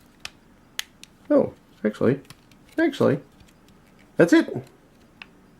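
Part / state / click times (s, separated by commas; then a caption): plastic case panel onto single-board computer case / seated / 5.2 s. A clear plastic case panel is snapped shut around a Raspberry Pi single-board computer, pressed from the back to the front, while someone talks. A few small sharp ticks come early, near 0.3, 0.8 and 1.0 s, and then a single sharp click at 5.2 s as the panel snaps into place and is confirmed seated.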